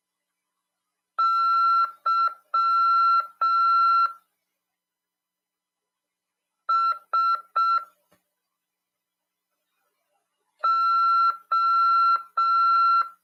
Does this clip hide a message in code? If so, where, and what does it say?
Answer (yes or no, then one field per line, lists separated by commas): yes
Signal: Morse code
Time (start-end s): 1.2-13.0 s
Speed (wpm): 6 wpm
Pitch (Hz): 1350 Hz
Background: none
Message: YSO